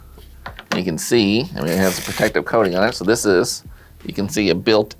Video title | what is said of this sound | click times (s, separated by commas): Poetic cases for the iPhone 14 Pro Max! | You just gotta kind of push down and the whole front piece pops out. | 0.5 s, 0.6 s